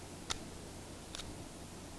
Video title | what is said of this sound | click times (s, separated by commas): American Autowire Headlight Switch TechTip | see you heard the click but it came back out again it wasn't locked try | 0.3 s